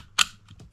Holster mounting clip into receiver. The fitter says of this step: You put it right here and it clips